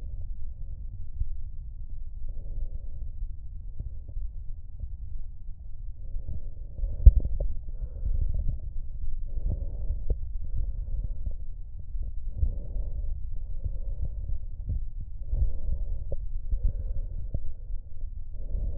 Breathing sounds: lung sounds by stethoscope; right anterior apical chest; quiet breathing, then deep breathing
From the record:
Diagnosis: COPD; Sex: male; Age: 69 years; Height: 162 cm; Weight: 124.8 kg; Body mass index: 47.6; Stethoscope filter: extended mode

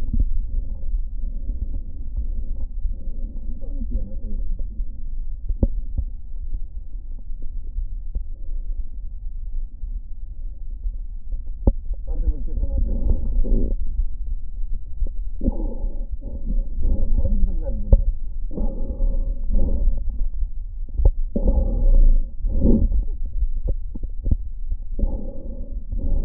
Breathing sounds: lung sounds by stethoscope; right posterior apical chest; quiet breathing, then deep breathing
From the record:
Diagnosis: interstitial lung disease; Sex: male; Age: 82 years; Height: 158 cm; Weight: 49 kg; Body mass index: 19.6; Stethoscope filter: diaphragm mode

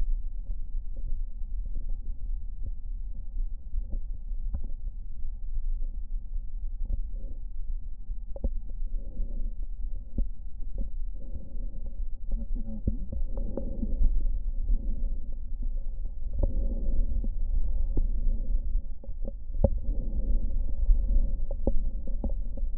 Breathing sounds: lung sounds by stethoscope; right posterior apical chest; quiet breathing, then deep breathing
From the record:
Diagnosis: COPD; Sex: female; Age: 68 years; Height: 150 cm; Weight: 70 kg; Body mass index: 31.1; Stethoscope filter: diaphragm mode

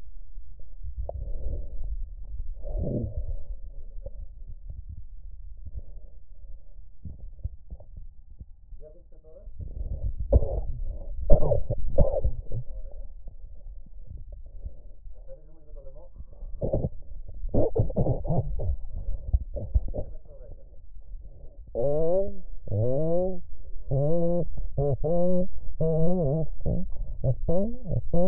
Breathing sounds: lung sounds by stethoscope; left anterior apical chest; quiet breathing, then cough and speech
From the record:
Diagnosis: COPD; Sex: female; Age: 80 years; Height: 160 cm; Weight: 62 kg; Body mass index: 24.2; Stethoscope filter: extended mode

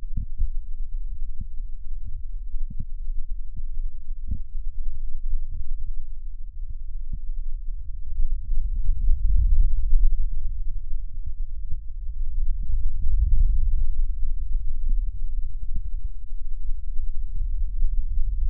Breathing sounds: lung sounds by stethoscope; left anterior apical chest; quiet breathing, then deep breathing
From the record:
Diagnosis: COPD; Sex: male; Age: 70 years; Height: 183 cm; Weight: 116 kg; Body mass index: 34.6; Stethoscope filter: bell mode

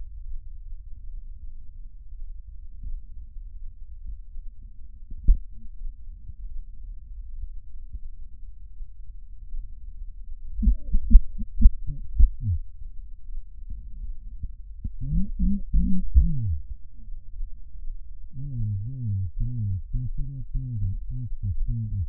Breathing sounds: lung sounds by stethoscope; right anterior apical chest; quiet breathing, then cough and speech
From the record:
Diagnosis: none (healthy); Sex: male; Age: 60 years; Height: 190 cm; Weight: 150 kg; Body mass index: 41.6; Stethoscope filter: bell mode

